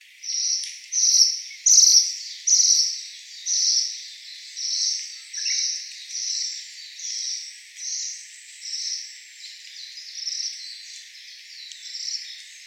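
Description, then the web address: Ashy minivet calls: a long series of high, buzzy trilled notes, each under half a second, repeated steadily about every 0.8 seconds and slowly fading in strength. Recorded 31 May 2015. "birdenaga sansyoukui"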